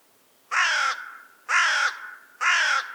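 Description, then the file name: Carrion crow cawing, three harsh, hoarse caws roughly one second apart, each slightly falling in pitch. "Corvus corone"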